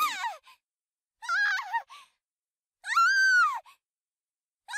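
A girl's high-pitched cries, a sharp wavering scream followed by strained, wordless wailing and moaning in several bursts separated by silence.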